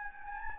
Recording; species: mosquito wingbeat signal from an infrared sensor; Anopheles gambiae